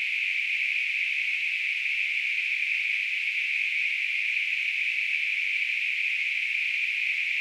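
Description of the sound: A steady, unbroken high-pitched hiss, a narrow band of noise around 2–3 kHz, holds for about seven seconds, with no pulsing and no low sound. It is a simulation of tinnitus, the constant ringing or hissing some people hear without any outside source.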